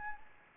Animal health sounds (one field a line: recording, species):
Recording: mosquito wingbeat signal from an infrared sensor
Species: Anopheles gambiae